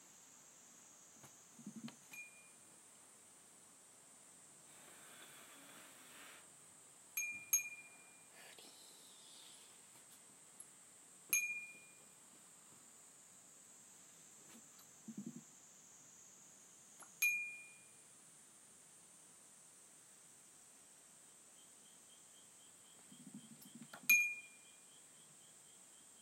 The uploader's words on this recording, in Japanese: 田舎の夕方。トーク無し.音のみ.生活音。